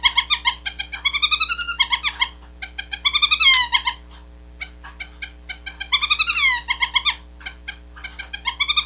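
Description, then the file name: Owl finch singing rapid strings of clipped nasal notes between longer bending, mewing phrases, repeated in bouts with short pauses; constant low hum underneath. Male. "suara owl finch jantan"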